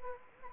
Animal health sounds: mosquito wingbeat signal from an infrared sensor; Anopheles gambiae

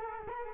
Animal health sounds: mosquito wingbeat signal from an infrared sensor; Culex quinquefasciatus

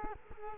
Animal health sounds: mosquito wingbeat signal from an infrared sensor; Culex quinquefasciatus

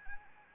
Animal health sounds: mosquito wingbeat signal from an infrared sensor; Anopheles arabiensis

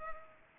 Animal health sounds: mosquito wingbeat signal from an infrared sensor; Culex pipiens

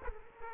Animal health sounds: mosquito wingbeat signal from an infrared sensor; Aedes aegypti

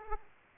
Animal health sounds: mosquito wingbeat signal from an infrared sensor; Aedes aegypti

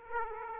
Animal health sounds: mosquito wingbeat signal from an infrared sensor; Aedes aegypti

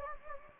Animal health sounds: mosquito wingbeat signal from an infrared sensor; Anopheles gambiae

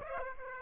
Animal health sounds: mosquito wingbeat signal from an infrared sensor; Aedes aegypti

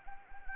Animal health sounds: mosquito wingbeat signal from an infrared sensor; Anopheles gambiae

